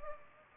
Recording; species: mosquito wingbeat signal from an infrared sensor; Anopheles gambiae